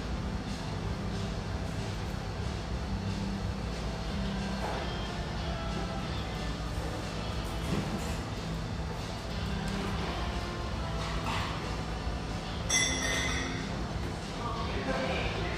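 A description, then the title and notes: A café's steady low hum of machinery and murmured voices, with brief clinks and a sharper bright hiss near the thirteen-second mark. Vancouver, Washington. The last days of summer are here! The pleasant hum in this lovely espresso house near the Vancouver riverfront.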